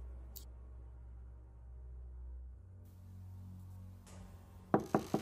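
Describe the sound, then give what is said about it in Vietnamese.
Three sharp, quick knocks on a room door near midnight, loud and evenly spaced, arrive at the very end after several seconds of a low, steady rumble and faint hiss. “Gần 12 giờ đêm, tiếng gõ cửa phòng của ông Vương vang lên.”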